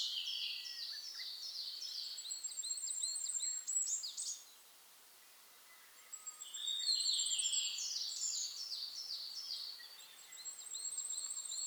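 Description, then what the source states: Goldcrest singing very high, fine repeated notes in two bursts separated by a near-silent pause of about two seconds, with stepped descending twitters around them and soft background hiss. Recorded 27 May 2007.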